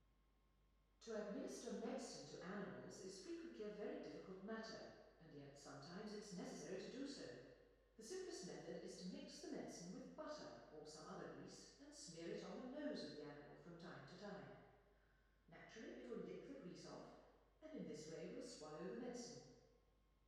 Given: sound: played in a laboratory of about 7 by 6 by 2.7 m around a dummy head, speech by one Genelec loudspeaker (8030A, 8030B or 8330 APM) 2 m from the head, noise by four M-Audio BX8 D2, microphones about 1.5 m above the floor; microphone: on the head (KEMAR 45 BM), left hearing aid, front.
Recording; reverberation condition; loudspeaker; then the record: female speech in English; high; 60 degrees to the right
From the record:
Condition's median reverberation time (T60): about 1300 ms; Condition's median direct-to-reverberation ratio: about -4.0 dB